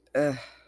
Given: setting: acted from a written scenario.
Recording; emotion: vocal sound without words; contempt